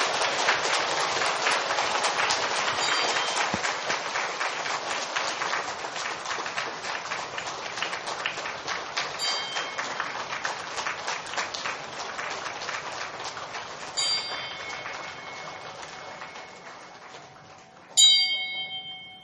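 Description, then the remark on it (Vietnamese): A crowd at a Buddhist retreat at Tường Vân monastery, spring 2016, applauds to welcome the Most Venerable Quang Lâm, in a dense, continuous wash of clapping that slowly thins out, with a couple of bright metallic ding-like tones near the end. “Ngưỡng mong Hòa Thượng quan hỷ chứng minh toàn thể đạo tràng dương cao một tràng pháo tay để cung đón Hòa Thượng Quang Lâm.”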